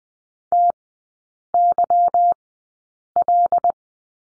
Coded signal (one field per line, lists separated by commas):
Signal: Morse code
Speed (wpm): 20 wpm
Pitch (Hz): 700 Hz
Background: none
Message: TYL